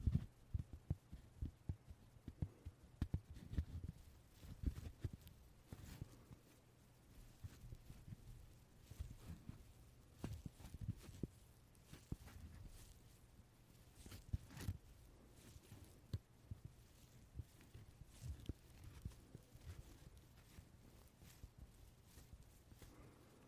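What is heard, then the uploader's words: Short, soft puffs and knocks come in an irregular, fairly dense stream, mostly low and dull, with a few sharper bright ticks. A faint steady low hum runs underneath, and there is no talking. The puffs are busiest in the first few seconds. 말없이 퍼프 소리만, 가득 담아봤어요 puff sound no talking asmr.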